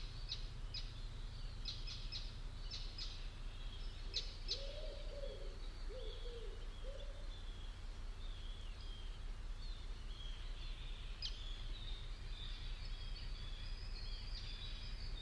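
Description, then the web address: Bird calls: three arched hooting notes midway, with a few sharp high chirps earlier and faint whistles later over a continuous low hum. "cianscape birddata Deverinetal 2025 File origin Bird Only"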